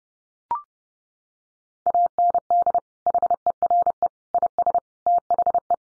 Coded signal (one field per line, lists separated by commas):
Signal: Morse code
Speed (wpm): 30 wpm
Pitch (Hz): 700 Hz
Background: none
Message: AND HERE IS THE